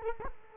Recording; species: mosquito wingbeat signal from an infrared sensor; Culex quinquefasciatus